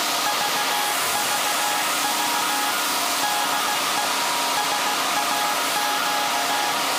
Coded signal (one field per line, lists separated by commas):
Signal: Morse code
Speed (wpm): 16 wpm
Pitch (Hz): 830 Hz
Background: none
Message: VVV DE SAQ